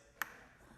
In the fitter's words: just goes right in snaps into place